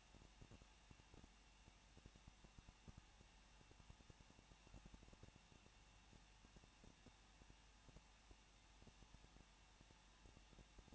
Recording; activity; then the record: daily activity, microphone in the room; no activity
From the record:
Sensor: 1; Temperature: 20.1 degrees Celsius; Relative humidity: 39.0%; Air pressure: 1006.6 hPa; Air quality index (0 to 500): 216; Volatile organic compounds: 72 ppm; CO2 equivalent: 3533 ppm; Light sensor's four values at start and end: 1/2/1/1 and 1/2/1/1